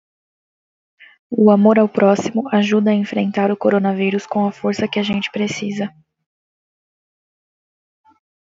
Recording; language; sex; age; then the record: spoken sentence; Brazilian Portuguese; female; 20 to 29 years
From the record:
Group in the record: control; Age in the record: 25 years